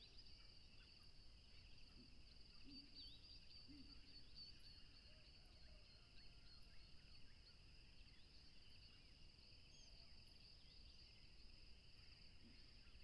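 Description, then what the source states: Crickets keep up a constant shrill trill on two steady pitches; faint repeated high bird notes and occasional low calls sound over a dull rumble. Tropical river setting, with a plane passing.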